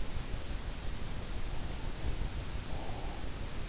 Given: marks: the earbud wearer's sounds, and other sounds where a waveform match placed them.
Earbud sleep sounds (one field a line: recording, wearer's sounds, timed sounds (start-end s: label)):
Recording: sounds in sleep by an in-ear microphone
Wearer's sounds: breath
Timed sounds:
2.33-3.62 s: breath